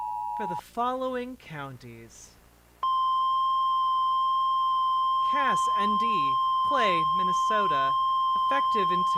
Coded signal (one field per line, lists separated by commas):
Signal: Emergency Alert System (SAME) tones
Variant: 853 and 960 Hz attention tone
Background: speech